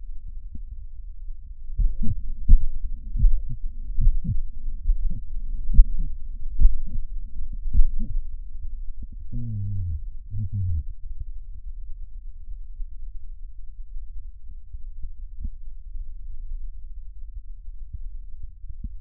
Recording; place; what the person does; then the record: lung sounds by stethoscope; left posterior basal chest; quiet breathing, then cough and speech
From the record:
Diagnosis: interstitial lung disease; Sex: male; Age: 65 years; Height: 161 cm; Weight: 74.6 kg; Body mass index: 28.8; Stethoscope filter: bell mode